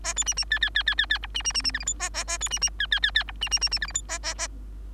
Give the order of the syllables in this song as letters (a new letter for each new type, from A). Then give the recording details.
A B C C D D D D D D E C C C C F G H A A A B C C D D D D E C C C C F G H A A A. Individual Bird3